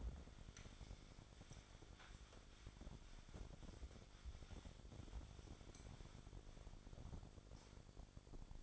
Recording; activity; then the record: daily activity, microphone in the room; wipe stove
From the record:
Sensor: 5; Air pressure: 1007.1 hPa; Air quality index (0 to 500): 174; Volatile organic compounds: 4 ppm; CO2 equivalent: 1668 ppm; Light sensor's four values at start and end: 53/146/57/58 and 53/144/57/57